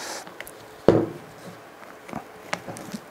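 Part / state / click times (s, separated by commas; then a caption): limb end piece on crossbow bow / seated / 0.9 s, 2.5 s. The second limb-end piece is fitted onto the bow of an 80 lb crossbow. Short, sharp clicks sound at 0.9 s and 2.5 s, with fainter taps around them. The piece snaps into place, and both end pieces are properly engaged.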